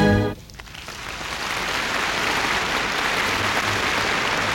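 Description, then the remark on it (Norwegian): A comedian imitates applause with his voice: after a brief tonal note at the start, a steady, dense crackling hiss of mouth-made clapping noise runs evenly for several seconds, fairly loud and without words. “Ja, og til slutt hørte vi … imitere applaus.”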